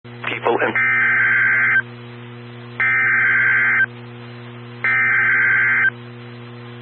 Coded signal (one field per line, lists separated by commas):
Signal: Emergency Alert System (SAME) tones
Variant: header bursts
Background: speech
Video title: Tornado Warning (Cedar/Clinton Counties, IA) (5/23/20) [EAS #26]